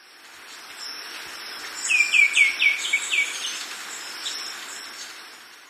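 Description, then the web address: White-winged becard singing a short series of soft, downward-slurred whistles at a steady pace, set against a constant shrill insect drone. Ecuador. "Natures Songs S America Birds of Ecuador White-winged Becard"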